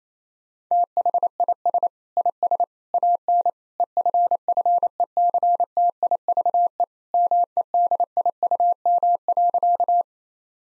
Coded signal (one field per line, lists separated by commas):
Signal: Morse code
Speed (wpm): 28 wpm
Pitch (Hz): 700 Hz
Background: none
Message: THIS IS AN EFFECTIVE MEDIUM.